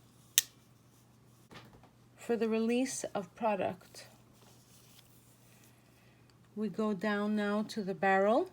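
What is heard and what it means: The handle of a handheld filler injection pen is pulled back to prime it and latches into its cocked position with a sharp click at 0.4 s, the click that comes before the product is released. After that, someone talks.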